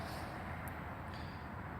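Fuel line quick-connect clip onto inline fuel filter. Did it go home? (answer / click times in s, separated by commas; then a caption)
no / none. A fuel line quick-connect clip is slid over the end of the nipple on a new inline fuel filter on a John Deere X585 and positioned by hand, under a steady broad background hiss with a couple of faint high ticks near 0.7 and 1.1 seconds. Nothing has clicked or locked yet; the clip is only resting on the filter end.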